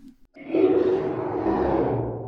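A brief faint intake of breath is followed by a loud, forceful, voiced burst that stays strong and roaring for nearly two seconds. It is a single violent, drawn-out sneeze from an adult man whose nose had suddenly become very stuffy.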